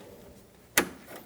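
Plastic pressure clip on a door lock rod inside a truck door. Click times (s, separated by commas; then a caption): 0.8 s. A plastic pressure clip is pushed onto a door lock rod inside the door of a 1988–1999 GMC K1500 truck until it clicks over. Against a quiet background, one sharp, loud click sounds at 0.8 s, then fades quickly. The clip is seated on the rod.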